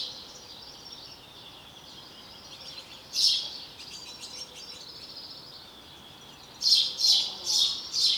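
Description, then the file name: House sparrow chirps, a single loud bright note midway and a quick run of four near the end, over steady background twittering. "Passer domesticus"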